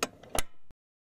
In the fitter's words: making sure the belt is flat and not Twisted you'll hear an audible click